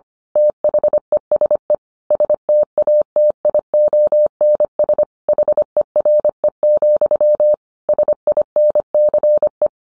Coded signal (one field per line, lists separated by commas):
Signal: Morse code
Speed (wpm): 25 wpm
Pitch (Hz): 600 Hz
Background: none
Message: THESE STATIONS HERE, SINCE